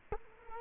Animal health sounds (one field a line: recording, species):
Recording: mosquito wingbeat signal from an infrared sensor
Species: Culex quinquefasciatus